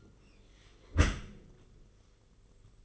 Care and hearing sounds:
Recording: daily activity, microphone in the room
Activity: close dishwasher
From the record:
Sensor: 4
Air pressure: 991.3 hPa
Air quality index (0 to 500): 156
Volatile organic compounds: 120 ppm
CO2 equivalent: 3874 ppm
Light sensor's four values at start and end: 22/73/27/28 and 22/73/27/28

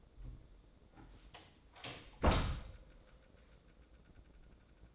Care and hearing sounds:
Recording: daily activity, microphone in the room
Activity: close door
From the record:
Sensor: 3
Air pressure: 1012.3 hPa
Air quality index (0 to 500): 180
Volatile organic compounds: 3 ppm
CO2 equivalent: 1378 ppm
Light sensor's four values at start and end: 534/1329/548/561 and 543/1351/557/571

